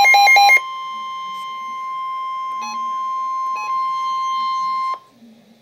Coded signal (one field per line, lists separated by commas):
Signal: Emergency Alert System (SAME) tones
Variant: 1050 Hz attention tone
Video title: Severe Thunderstorm Warning - EAS #183